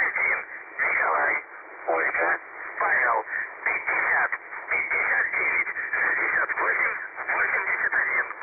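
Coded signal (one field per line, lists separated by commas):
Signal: numbers station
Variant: UVB-76 voice message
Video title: The Buzzer/UVB-76 Voice Message (December 2, 2020 10:59 UTC)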